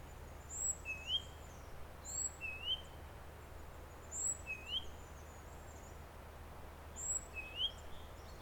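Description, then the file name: Great tit giving clear two-note whistles, a high note then a lower rising one, in short bursts with pauses, over steady low noise. "Parus major"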